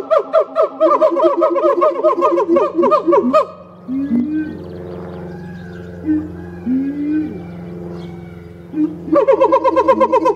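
Siamang calling: fast, loud runs of harmonic barking notes giving way to a few low rising hoots before the rapid barks return.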